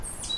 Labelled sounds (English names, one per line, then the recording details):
Stitchbird song
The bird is a male
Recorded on Tiritiri Matangi Island, New Zealand, in 2005
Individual 9, of nest box 11